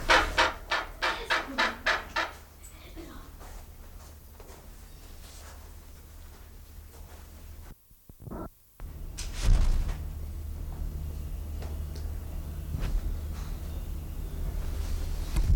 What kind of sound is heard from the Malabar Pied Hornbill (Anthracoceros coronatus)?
call